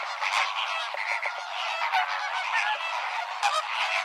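Bird flock calling, a dense chorus of overlapping honking and nasal cackling notes with no pauses.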